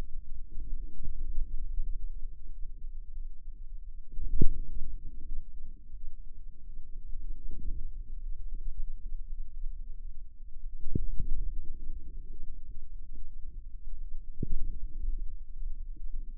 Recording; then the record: forearm muscle sounds (acoustic myography)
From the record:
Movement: radial deviation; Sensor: system 2, bracelet of six BSWA MPA416 microphones around the upper forearm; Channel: 5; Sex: female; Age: 23 years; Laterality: right